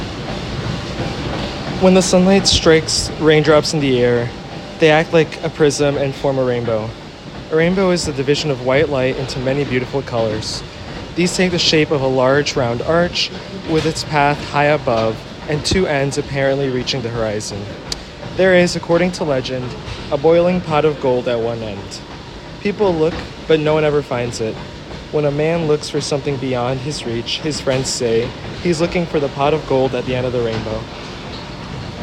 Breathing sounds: reading aloud after running; male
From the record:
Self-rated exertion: moderate exertion (3 of 6); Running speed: 6 miles an hour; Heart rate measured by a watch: 138 beats a minute at the start, 134 at the end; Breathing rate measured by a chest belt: 22 breaths a minute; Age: 23 years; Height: 170 cm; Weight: 84 kg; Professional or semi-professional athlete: no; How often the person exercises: 3 to 5 times a week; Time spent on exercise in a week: 3 to 4 hours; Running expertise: no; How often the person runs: under once a week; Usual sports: weight training, volleyball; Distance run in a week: 1 km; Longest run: 10 km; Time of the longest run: 67 minutes

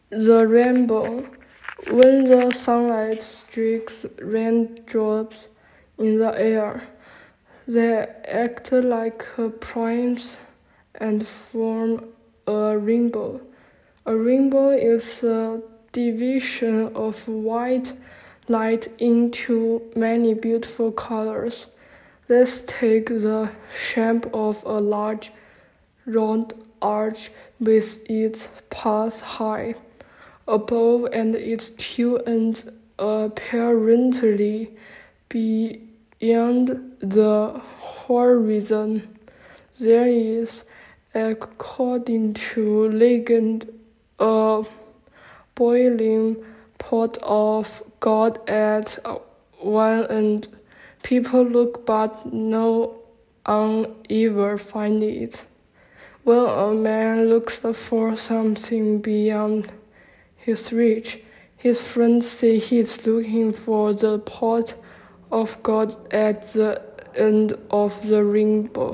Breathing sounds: reading aloud after running; female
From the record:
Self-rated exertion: light exertion (2 of 6); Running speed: 5 miles an hour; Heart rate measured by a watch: 133 beats a minute at the start, 111 at the end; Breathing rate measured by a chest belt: 15 breaths a minute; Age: 18 years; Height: 162 cm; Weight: 62 kg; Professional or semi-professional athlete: no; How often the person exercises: 1 to 2 times a week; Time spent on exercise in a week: under 1 hour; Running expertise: no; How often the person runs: under once a week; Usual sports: walking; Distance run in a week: 2 km

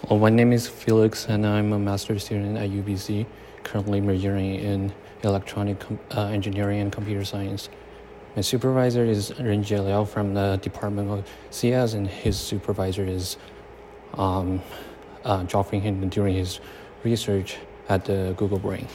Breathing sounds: free speech after running; male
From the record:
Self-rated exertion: light exertion (2 of 6); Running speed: 5 miles an hour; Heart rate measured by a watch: 111 beats a minute at the start, 128 at the end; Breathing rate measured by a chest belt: 12 breaths a minute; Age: 23 years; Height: 183 cm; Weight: 76 kg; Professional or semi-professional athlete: no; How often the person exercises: 1 to 2 times a week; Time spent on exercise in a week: 1 to 2 hours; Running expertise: no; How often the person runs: under once a week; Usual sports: tennis

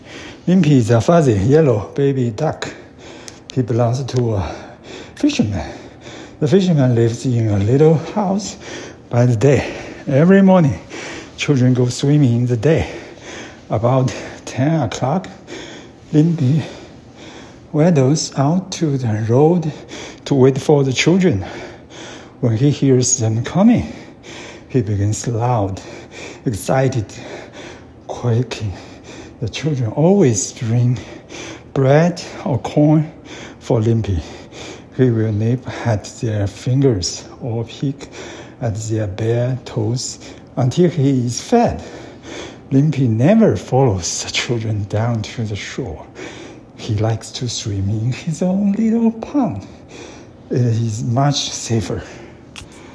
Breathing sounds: reading aloud after running; male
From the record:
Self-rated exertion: very hard exertion (5 of 6); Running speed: 9 miles an hour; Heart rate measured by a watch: 126 beats a minute at the start, 112 at the end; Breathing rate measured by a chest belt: 27 breaths a minute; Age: 53 years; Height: 181 cm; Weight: 67 kg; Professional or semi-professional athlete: no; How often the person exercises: 3 to 5 times a week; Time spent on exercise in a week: over 5 hours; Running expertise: yes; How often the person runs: 3 to 5 times a week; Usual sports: running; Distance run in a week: 35 km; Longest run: 42.6 km

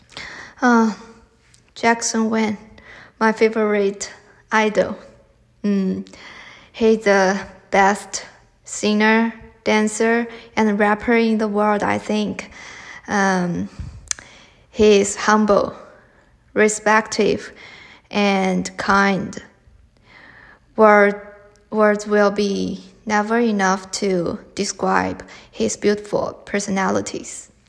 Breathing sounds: free speech after running; male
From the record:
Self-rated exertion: vigorous exertion (4 of 6); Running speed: 6 miles an hour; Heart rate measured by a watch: 108 beats a minute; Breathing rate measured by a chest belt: 17 breaths a minute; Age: 25 years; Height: 174 cm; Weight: 71 kg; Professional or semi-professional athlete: no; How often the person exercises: 3 to 5 times a week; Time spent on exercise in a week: 2 to 3 hours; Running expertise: no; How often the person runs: 1 to 2 times a week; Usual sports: running, swimming, badminton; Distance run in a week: 8 km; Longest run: 10 km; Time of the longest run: 48 minutes

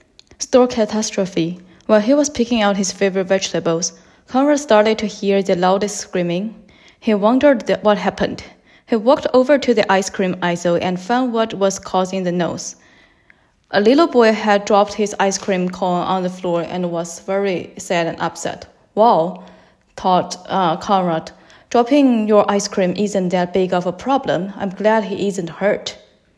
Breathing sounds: reading aloud after running; female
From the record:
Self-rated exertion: light exertion (2 of 6); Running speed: 7 miles an hour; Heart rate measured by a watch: 104 beats a minute at the start, 108 at the end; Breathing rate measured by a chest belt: 23 breaths a minute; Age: 28 years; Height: 155 cm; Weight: 44 kg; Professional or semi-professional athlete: no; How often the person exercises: 3 to 5 times a week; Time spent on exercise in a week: over 5 hours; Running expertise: yes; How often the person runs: 3 to 5 times a week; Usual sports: running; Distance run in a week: 45 km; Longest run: 32 km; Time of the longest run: 200 minutes

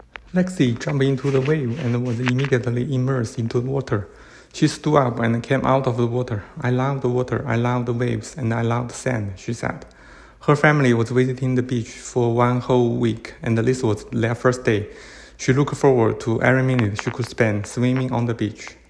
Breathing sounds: reading aloud after running; male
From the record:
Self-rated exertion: moderate exertion (3 of 6); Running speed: 9 miles an hour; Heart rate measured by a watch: 105 beats a minute at the start, 102 at the end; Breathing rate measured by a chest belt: 23 breaths a minute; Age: 37 years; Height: 174 cm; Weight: 76 kg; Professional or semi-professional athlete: no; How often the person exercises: over 5 times a week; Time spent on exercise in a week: over 5 hours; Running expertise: yes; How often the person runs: 3 to 5 times a week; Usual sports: running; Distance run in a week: 70 km

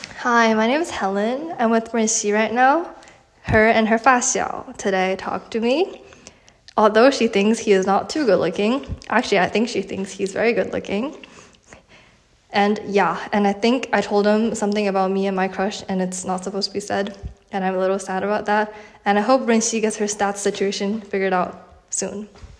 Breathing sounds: free speech after running; female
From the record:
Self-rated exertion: light exertion (2 of 6); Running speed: 5 miles an hour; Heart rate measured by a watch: 92 beats a minute at the start, 95 at the end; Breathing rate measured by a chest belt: 15 breaths a minute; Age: 18 years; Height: 167 cm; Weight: 50 kg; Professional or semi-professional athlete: no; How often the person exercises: 1 to 2 times a week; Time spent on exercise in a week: 1 to 2 hours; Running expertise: no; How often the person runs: 1 to 2 times a week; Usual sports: running, walking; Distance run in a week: 1 to 2 km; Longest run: 6 km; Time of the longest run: 34 minutes

